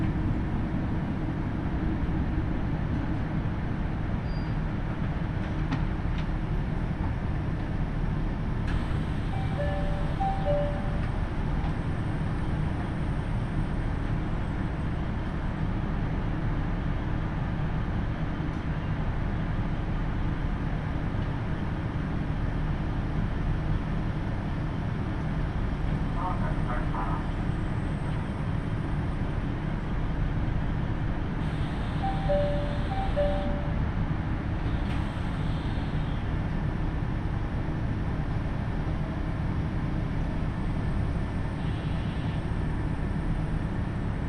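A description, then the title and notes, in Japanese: Interior of a KiHa 75 diesel train on the Takayama Line between Gifu and Mino-Ota, a steady low rumble of engine and wheels throughout. Short two-tone chimes sound near 10, 27 and 33 seconds, with faint voices underneath. 高山本線 岐阜→美濃太田（キハ75）。車両はキハ75系で快速みえ号にも使われています。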